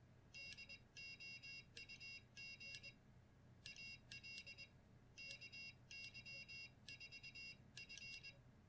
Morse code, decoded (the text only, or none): DOUG AL KY4F